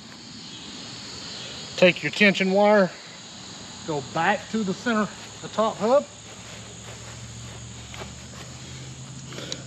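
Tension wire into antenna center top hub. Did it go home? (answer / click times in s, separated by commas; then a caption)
yes / 9.5 s. Someone talks while a tension wire is taken back to the center top hub of a Buddipole Buddihex ham radio antenna and pushed through, over a steady high-pitched hiss. A single sharp click at 9.5 s marks the tension wire locking into the top hub.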